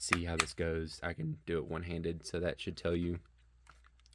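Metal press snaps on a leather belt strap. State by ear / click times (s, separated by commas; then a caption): seated / 3.7 s, 4.1 s. Someone talks while closing the metal press snaps on a newly re-leathered WWE "Big Eagle" Championship belt's leather strap one-handed. After the talking stops, a run of small, sharp clicks follows. The snaps seat with clicks at 3.7 s and 4.1 s.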